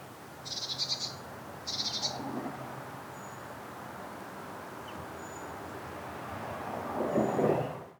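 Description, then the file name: Eurasian blue tit giving two short, harsh churring bursts about a second apart, with faint thin high notes afterward over steady low background rumble. "Cyanistes caeruleus"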